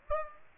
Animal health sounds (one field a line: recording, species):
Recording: mosquito wingbeat signal from an infrared sensor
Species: Aedes aegypti